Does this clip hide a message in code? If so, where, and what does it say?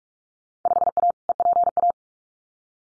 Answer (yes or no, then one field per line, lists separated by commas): yes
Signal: Morse code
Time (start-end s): 0.7-1.9 s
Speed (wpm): 46 wpm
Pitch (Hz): 700 Hz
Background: none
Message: 5A EPA